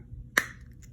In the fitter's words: you push this back in and you'll hear it click